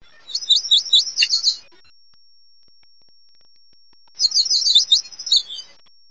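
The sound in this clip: Yellow warbler song: two quick, high, bright phrases of rapid sweet notes. The second phrase ends in a short flourish, and the two are separated by about two and a half seconds of silence.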